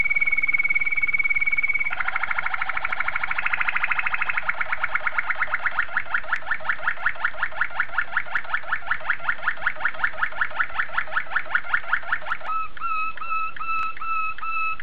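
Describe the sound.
Domestic canary song: a steady high whistle, then a long run of rapid rolled trills changing tempo every few seconds, ending in clipped repeated whistled notes.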